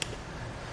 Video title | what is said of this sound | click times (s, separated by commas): etrailer - How Does the Swagman Current Bike Rack for 2 Electric Bikes Fit on a 2019 Volvo XC40? | fold it up till it locks into place now | 0.0 s